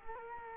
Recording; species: mosquito wingbeat signal from an infrared sensor; Culex quinquefasciatus